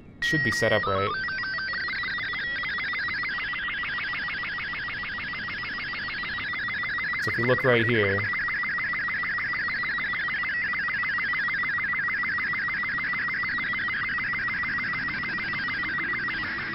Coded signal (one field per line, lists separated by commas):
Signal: SSTV (slow-scan television)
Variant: Robot 36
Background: speech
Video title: (It's Winter, Shortwave Radio) LudoCrypto 1 Year Anniversary